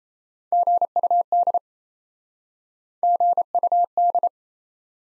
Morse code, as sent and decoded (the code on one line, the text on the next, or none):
--. ..- -.. / --. ..- -..
GUD GUD